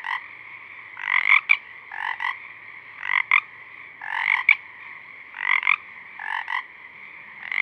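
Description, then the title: Pacific chorus frogs calling, raspy two-part croaks repeated in overlapping bursts about once a second, with a steady background chorus of more frogs. A few Pacific chorus frogs singing at dusk, recorded through a parabolic reflector. "Pacific Chorus Frogs (Pseudacris regilla), dusk, Parabolic"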